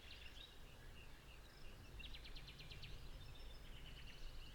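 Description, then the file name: Common chaffinch song, a quick series of repeated strokes over about a second, followed by a fainter trill, against a steady low rumble of background noise. "Fringilla coelebs"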